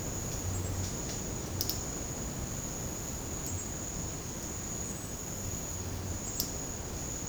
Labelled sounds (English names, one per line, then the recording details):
none
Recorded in dense forest near Puerto Asís, Putumayo, Colombia, on 18 February 2024 at 15:30
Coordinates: 0.503, -76.322
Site G6418